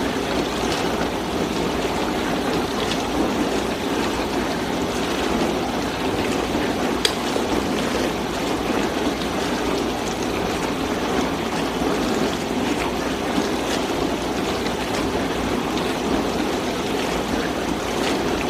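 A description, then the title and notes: A dishwasher runs with a steady, dense wash of churning water and a low motor hum underneath. The sound stays even throughout, with faint flickers of spray. A single sharp click lands at about seven seconds. Dishwasher.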